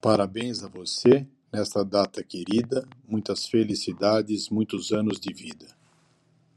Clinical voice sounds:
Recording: short text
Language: Brazilian Portuguese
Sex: male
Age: 60 to 69 years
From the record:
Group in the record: control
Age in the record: 62 years

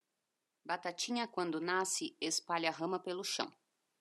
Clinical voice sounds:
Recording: short text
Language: Brazilian Portuguese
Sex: female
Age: 50 to 59 years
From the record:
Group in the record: control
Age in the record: 51 years

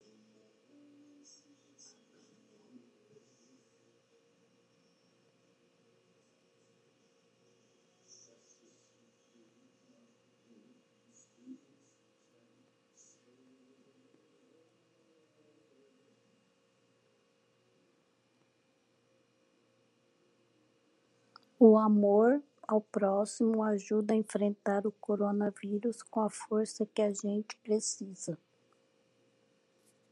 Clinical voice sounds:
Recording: spoken sentence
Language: Brazilian Portuguese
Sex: female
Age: 50 to 59 years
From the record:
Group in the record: control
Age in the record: 58 years

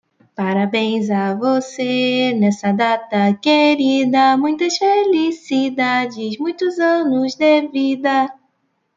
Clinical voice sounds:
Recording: short text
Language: Brazilian Portuguese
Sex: female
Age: 30 to 39 years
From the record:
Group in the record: control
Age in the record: 38 years

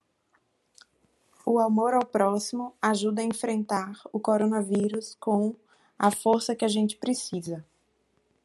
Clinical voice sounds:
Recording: spoken sentence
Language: Brazilian Portuguese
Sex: female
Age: 30 to 39 years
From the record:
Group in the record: control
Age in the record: 37 years

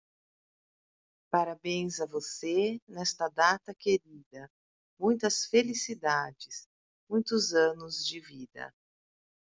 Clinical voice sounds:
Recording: short text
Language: Brazilian Portuguese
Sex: female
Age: 40 to 49 years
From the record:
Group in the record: control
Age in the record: 49 years

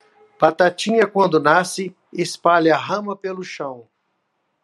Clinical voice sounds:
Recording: short text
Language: Brazilian Portuguese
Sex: male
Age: 50 to 59 years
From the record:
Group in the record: control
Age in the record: 56 years

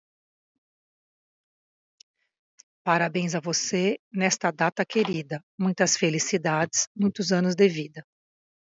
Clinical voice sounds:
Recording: short text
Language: Brazilian Portuguese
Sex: female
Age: 40 to 49 years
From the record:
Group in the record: control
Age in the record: 47 years

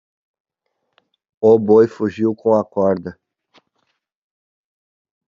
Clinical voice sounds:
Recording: short text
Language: Brazilian Portuguese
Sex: male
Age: 20 to 29 years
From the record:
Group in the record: control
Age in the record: 27 years

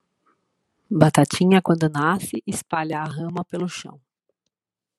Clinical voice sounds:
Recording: short text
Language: Brazilian Portuguese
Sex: female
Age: 40 to 49 years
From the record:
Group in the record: control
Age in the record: 49 years

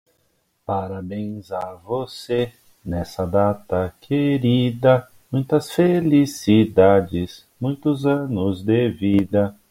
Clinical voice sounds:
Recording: short text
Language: Brazilian Portuguese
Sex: male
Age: 30 to 39 years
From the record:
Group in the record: control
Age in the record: 39 years

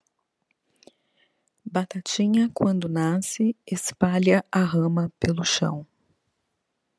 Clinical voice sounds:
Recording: short text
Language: Brazilian Portuguese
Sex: female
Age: 40 to 49 years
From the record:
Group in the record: control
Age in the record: 47 years

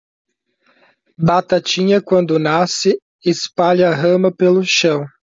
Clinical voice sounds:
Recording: short text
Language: Brazilian Portuguese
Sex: male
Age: 20 to 29 years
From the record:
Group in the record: control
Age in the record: 27 years

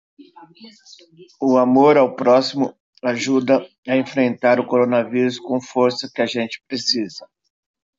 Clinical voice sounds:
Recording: spoken sentence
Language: Brazilian Portuguese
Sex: male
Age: 50 to 59 years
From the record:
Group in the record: control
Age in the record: 51 years

